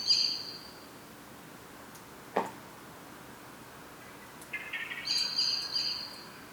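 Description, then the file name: Common blackbird calls: the tail of a thin high whistle, a single sharp click, then a lower buzzy onset leading into a high pulsed whistle phrase. "Turdus merula"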